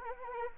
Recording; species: mosquito wingbeat signal from an infrared sensor; Anopheles arabiensis